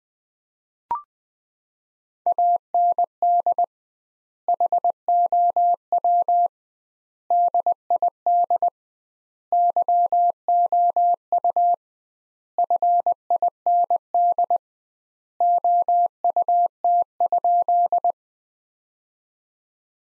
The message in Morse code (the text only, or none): AND HOW DID YOU FIND OUT?